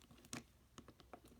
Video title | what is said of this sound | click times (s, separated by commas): Transformers Siege Deluxe Class Brunt Review | it will click into place there we go | 0.3 s